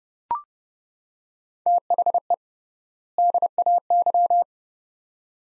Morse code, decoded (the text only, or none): THE DAY